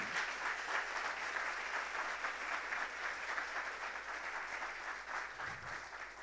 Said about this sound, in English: Okay. Clap hands. Apláudales.